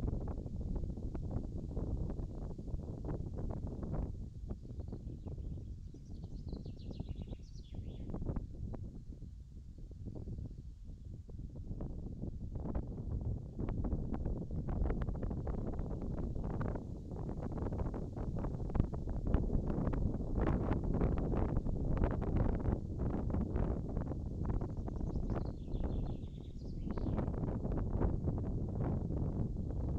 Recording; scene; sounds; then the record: everyday scene through a hearing-aid microphone; wind on the microphone; wind, birds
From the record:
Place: in front of a rural house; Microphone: in the ear canal, left